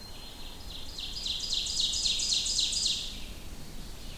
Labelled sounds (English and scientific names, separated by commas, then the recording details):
Ovenbird (Seiurus aurocapilla) song
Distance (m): 25 m
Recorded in boreal forest in Alberta, Canada, on 25 June 2016 at 06:05
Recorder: SongMeter 3, array SBT-6-76
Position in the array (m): 23 m, 113 m
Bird 2